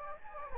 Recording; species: mosquito wingbeat signal from an infrared sensor; Anopheles gambiae